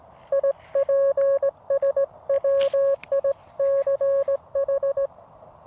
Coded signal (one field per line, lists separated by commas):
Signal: Morse code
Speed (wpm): 17 wpm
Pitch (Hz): 550 Hz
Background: none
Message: IPSWICH